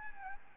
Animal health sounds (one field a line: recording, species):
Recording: mosquito wingbeat signal from an infrared sensor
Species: Aedes albopictus